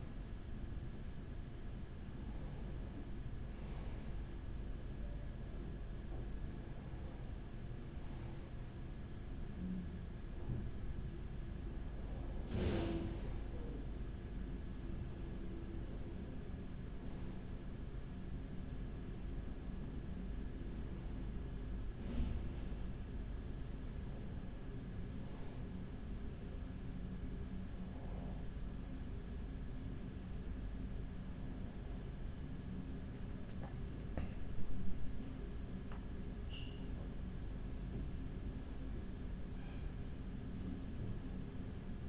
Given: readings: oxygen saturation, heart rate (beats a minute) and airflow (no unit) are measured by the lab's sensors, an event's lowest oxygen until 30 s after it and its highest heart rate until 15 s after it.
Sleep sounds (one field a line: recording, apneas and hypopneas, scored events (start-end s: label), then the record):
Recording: breathing in sleep by a smartphone at the bedside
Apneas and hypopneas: 1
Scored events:
0.00-15.00 s: awake
13.00-42.09 s: new sleep stage, N1 (lightest sleep)
15.00-36.60 s: hypopnea (N1, oxygen 96% highest, then 95% lowest, heart rate 41 at the start, 58 highest)
From the record:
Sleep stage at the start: awake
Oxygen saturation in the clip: 95 to 96%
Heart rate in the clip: 40 to 58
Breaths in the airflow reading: 9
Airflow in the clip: -5.0 to 5.3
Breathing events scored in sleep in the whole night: 207 in 7.6 hours asleep